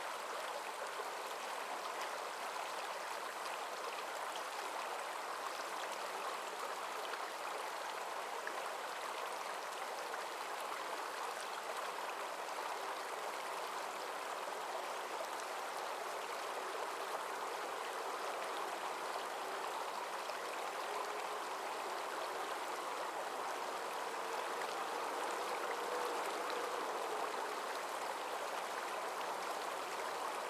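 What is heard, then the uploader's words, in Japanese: A shallow river babbles steadily on a summer morning, a dense, even rush of splashing water that holds the same level for the whole half minute. The sound is bright, with almost no low rumble beneath it. 夏の朝、野川のせせらぎ。早朝の限られた時間、陽が水面を照らしキラキラしているひととき。都市の間を流れる野川のせせらぎは、自然を身近に感じられる貴重な場所。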